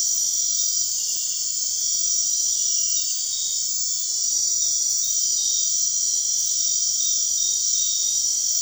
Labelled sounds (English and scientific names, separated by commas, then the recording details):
none
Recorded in dense forest near Puerto Asís, Putumayo, Colombia, on 9 March 2025 at 01:30
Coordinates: 0.499, -76.324
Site GP03